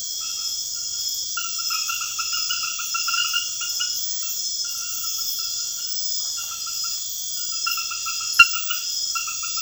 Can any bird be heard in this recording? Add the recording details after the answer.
no. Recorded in secondary vegetation near Puerto Asís, Putumayo, Colombia, on 28 February 2025 at 00:30. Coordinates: 0.498, -76.327. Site G001